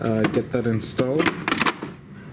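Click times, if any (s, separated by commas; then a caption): 1.5 s. A second molded cockpit piece is pressed into the canopy assembly of a CARF SU30 RC jet model while someone talks. It snaps into place with a short, sharp click at 1.5 s, and the piece is seated.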